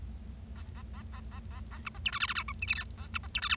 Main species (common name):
Bengalese Finch